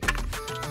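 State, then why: Not seated. A plastic Nano-size RC transmitter module, an iRangeX iRX4 Lite 4-in-1 multiprotocol module, is handled and slid toward a micro-size adapter shell, with short handling taps near 0.1 s and 0.2 s over a steady background. The module has not seated or clicked into place yet.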